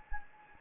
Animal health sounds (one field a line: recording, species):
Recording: mosquito wingbeat signal from an infrared sensor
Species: Anopheles gambiae